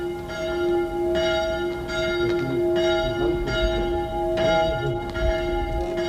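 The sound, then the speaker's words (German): A small church bell on the piazza in Meolo, in the Veneto province of Italy, rings over and over in a steady, fairly quick rhythm, its bright metallic tone hanging between strokes above a low, constant background rumble. “Diese kleine Glocke hörte ich, als ich über die Piazza in Meolo ging, hinüber zum Albergo, dem einzigen Gasthaus in Meolo.”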